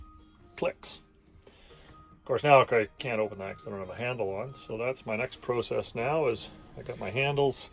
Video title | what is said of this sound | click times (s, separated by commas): Van Conversion Cabinets | and push it firmly in until it clicks | 0.6 s